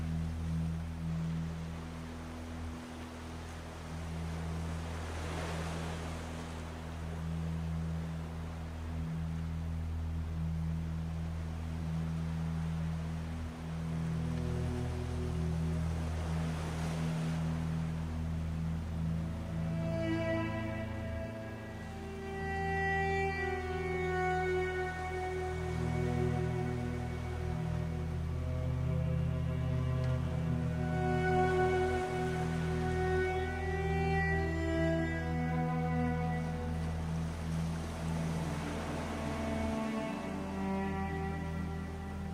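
Slow cello music plays over the sound of the sea, with a steady low hum underneath throughout. Sustained bowed notes come forward from about twenty seconds on, rising and falling gently, while waves wash in and swell at around 5, 17 and 40 seconds.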